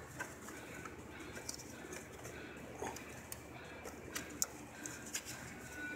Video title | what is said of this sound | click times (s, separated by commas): 2006 Ford Focus cómo cambiar el cuerpo del accerador. | le hacemos hacia arriba hasta que haga clic. Ahí, como escucharon. | 4.4 s